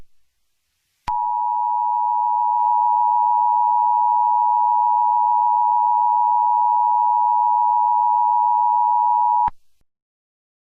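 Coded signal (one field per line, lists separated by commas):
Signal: Emergency Alert System (SAME) tones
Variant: 853 and 960 Hz attention tone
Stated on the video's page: Simulated EAS scenario, not a real alert.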